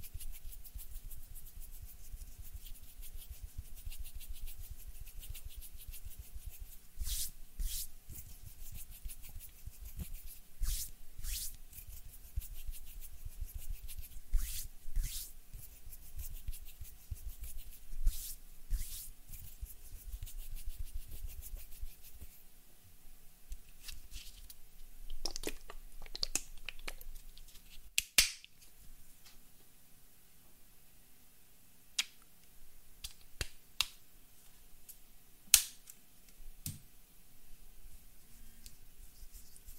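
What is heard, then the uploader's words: Hand sounds and movements: soft rubbing and brushing continue for the first twenty-odd seconds, with scattered light taps and scratches. After that the rubbing drops away and it turns sparser, with isolated crisp ticks and clicks, a sharp one near twenty-eight seconds and another around thirty-five. HAND SOUNDS AND MOVEMENTS ASMR. NO TALKING.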